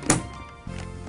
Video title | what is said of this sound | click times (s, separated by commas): Introduction to the Testo 350 Combustion Gas Analyser | make sure you hear the click | 0.1 s